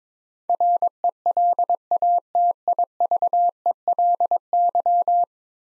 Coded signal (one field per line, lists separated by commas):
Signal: Morse code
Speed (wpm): 23 wpm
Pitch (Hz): 700 Hz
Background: none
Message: RELATIVELY